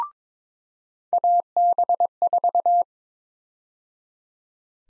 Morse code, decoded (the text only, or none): AB4